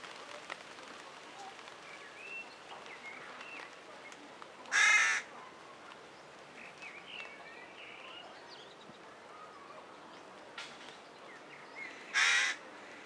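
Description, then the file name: Carrion crow giving two coarse caws about seven seconds apart, with scattered faint twitters from other birds in between. "Corvus corone"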